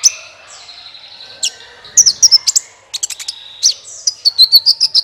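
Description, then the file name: Van Hasselt's Sunbird song: high, thin tinkling chirps and sharp ticks, with some brief trills and rapid bursts of notes running throughout. "suara kolibri ninja"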